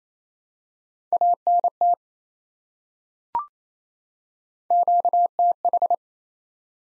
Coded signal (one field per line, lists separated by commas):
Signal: Morse code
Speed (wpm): 28 wpm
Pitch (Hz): 700 Hz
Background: none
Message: ANT QTH